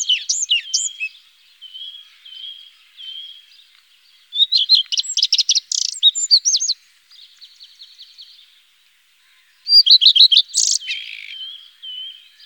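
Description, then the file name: Common redstart repeating song phrases of rapid high notes ending in jumbled twitters, with thin whistles and softer chirps in the pauses. "Gartenrotschwanz"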